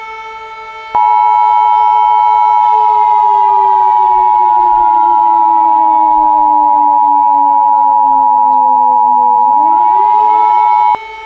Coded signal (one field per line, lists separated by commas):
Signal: Emergency Alert System (SAME) tones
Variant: 853 and 960 Hz attention tone